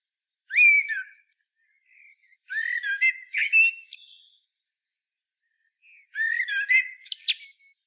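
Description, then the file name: Common blackbird with three melodious whistled phrases, the later ones finishing in high, thin chattering notes, separated by quiet pauses. "Turdus merula"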